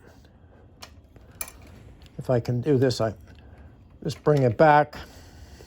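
Someone talks while moving the mechanism of a 1970s Rock-Ola jukebox by hand, bringing it back so the number-one arm will drop into its divot, or detent notch. A few small metallic ticks and handling sounds come between the words, with the sharpest near 1.4 s. Nothing has seated or clicked into the divot yet.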